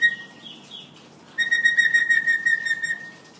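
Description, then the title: Hill myna giving a soft whistle and brief notes, then a loud warbling whistled phrase with wavering pitch over faint background hiss. Energetic 'gacor' singing myna; recording intended as a master tutor track for training birds. "Suara Burung Beo Gacor Cocok Untuk Masteran"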